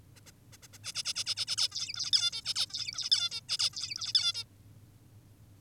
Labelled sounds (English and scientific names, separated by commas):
Zebra Finch (Taeniopygia guttata)